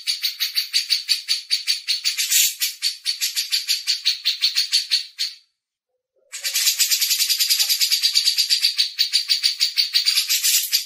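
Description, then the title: Grey-cheeked bulbul delivering long streams of fast, hissing, pulsed chatter, interrupted once by about a second of silence. Masteran (tutor song for training songbirds). "MASTERAN CUCAK JENGGOT"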